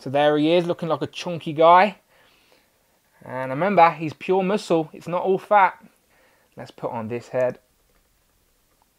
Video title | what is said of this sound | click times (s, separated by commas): Marvel Legends Kingpin Build-A-Figure Spider-Man Action Figure Review | I didn't hear a click I'd prefer it when I hear a click and | none